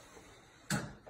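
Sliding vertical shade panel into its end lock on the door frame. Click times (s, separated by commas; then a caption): 0.7 s. A Hunter Douglas Duette honeycomb shade with Vertiglide, a vertical shade panel, is slid across a sliding glass door until its end latches into the end lock on the door frame. After a quiet, low background, a sharp click sounds at 0.7 s and fades over the next few tenths of a second. The shade locks into place.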